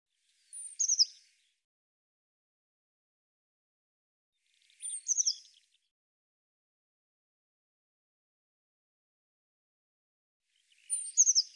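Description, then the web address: Eurasian blue tit calls: three brief bursts of high, thin descending notes several seconds apart, with quiet gaps between. Cleaned and normalized audio. "cianscape birddata Deverinetal 2025 File cleaned normalized Bird Cy Ca"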